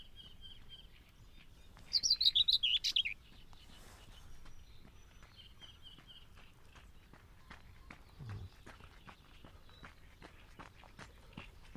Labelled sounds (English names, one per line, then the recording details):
Common Whitethroat
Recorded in the wild
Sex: male
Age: adult
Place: Hobrechtsfelder Rieselfelder, Naturpark Barnim, Brandenburg, DE
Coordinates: 52.6681, 13.4717
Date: 2008-05-12
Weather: clear, ca. 15°C, no wind
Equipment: Sound Devices 702, Sennheiser MKH 70, Windkorb
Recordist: Frommolt, Karl-Heinz